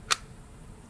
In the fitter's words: it locks in place okay